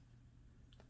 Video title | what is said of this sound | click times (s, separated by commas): Fitbit Sense: How to Setup (Step by Step) | make sure it snaps in place like this | 0.7 s, 0.8 s